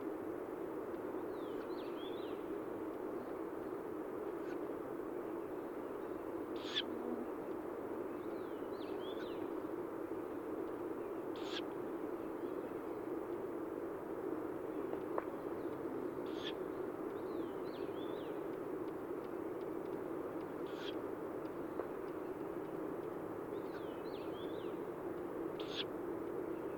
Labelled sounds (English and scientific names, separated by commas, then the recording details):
Ural Owl (Strix uralensis) call
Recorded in the wild
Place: Dzhalmyn, MN
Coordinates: 48.166, 107.736
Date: 1979-06-10 20:20
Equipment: Nagra III BH, Sennheiser MD 21, parabola
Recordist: Schubert, Michael